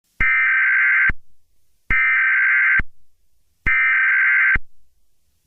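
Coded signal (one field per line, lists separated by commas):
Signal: Emergency Alert System (SAME) tones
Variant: header bursts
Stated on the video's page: Fictional EAS scenario.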